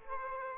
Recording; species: mosquito wingbeat signal from an infrared sensor; Aedes aegypti